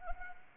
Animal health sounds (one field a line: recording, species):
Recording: mosquito wingbeat signal from an infrared sensor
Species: Anopheles arabiensis